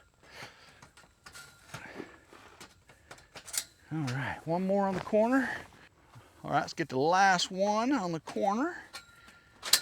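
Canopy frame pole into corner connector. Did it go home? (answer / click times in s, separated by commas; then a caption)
yes / 9.7 s. The last corner pole of a canopy frame is fitted into its corner connector while someone talks, with light handling knocks throughout. It snaps into its socket with a sharp click at 9.7 s, seating in place.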